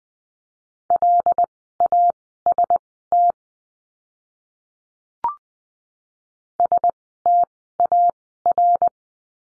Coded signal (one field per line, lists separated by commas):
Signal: Morse code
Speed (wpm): 20 wpm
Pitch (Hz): 700 Hz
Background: none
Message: LAST STAR